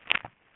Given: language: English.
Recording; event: throat vibration sensor signal played as sound; swallow